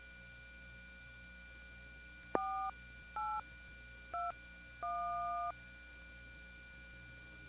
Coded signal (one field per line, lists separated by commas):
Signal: DTMF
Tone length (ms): 310 ms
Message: 4821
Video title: How I Became a Phone Phreak, part 4